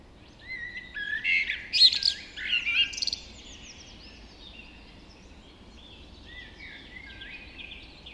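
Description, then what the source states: Birds in dawn chorus, several high songs overlapping with bright whistles and trills for about three seconds, then quieter warbling through the rest. Dawn chorus just after dawn in the Forest of Dean.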